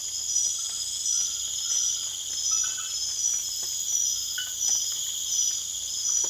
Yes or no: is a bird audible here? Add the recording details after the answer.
no. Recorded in secondary vegetation near Puerto Asís, Putumayo, Colombia, on 27 June 2025. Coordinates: 0.488, -76.319. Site G094